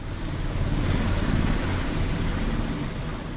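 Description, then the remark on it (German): A Super Puma helicopter carrying shift-working oil workers from Stavanger airport to the Sleipner A oil platform in the North Sea gives off a steady, loud roar of engine and rotor noise, dense low rumble with a broad hiss on top, holding constant throughout with no voices. “Anflug im Super Puma.”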